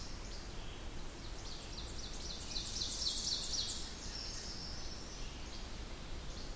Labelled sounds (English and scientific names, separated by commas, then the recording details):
Ovenbird (Seiurus aurocapilla) song
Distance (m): 60 m
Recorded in boreal forest in Alberta, Canada, on 20 June 2016 at 08:32
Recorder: SongMeter 3, array SBT-6-81
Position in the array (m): 80 m, 61 m
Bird 24